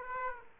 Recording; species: mosquito wingbeat signal from an infrared sensor; Aedes aegypti